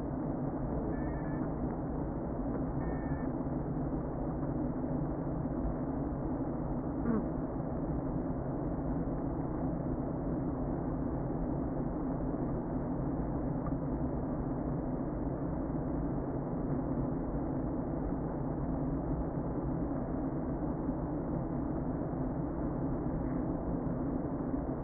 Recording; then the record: honeybee colony, microphone inside the hive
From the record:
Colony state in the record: queen present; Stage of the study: before two queens were removed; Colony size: about 60,000 bees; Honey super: yes